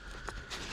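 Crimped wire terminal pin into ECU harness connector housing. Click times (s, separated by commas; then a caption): 0.3 s. A crimped terminal pin on a wire is pushed fully into an AEM Infinity ECU harness connector housing until it locks. A short, sharp click is heard at 0.3 s against a quiet background. The pin is seated and holds firm in the housing.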